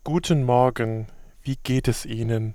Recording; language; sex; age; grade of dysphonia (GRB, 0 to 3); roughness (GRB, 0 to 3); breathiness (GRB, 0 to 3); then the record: spoken sentence; German; male; 30 to 39 years; 0; 0; 0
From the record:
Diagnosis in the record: healthy voice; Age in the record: 34 years